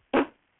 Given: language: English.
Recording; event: throat vibration sensor signal played as sound; cough